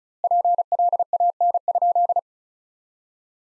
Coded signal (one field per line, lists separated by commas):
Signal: Morse code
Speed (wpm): 34 wpm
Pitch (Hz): 700 Hz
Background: none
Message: PLAN?